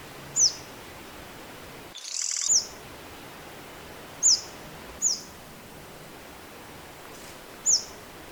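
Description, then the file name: Crimson sunbird calls: five thin, very high, downslurred notes, unevenly spaced, plus one brief patch of harsh noise with a dropout early on. "suara panggilan burung madu matari. omkicau"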